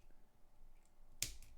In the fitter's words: Oh, nice solid click.